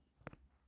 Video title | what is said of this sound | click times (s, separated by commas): How to solve washing machine IE, OE error code #IFBfrontload #errorcode @Newsinewavetech | so அதில் நீங்கள் இது மாதிரி வச்சுட்டு க்ளோஸ் பண்ணிங்கனாலே வந்து லாக் ஆகிடும். | 0.3 s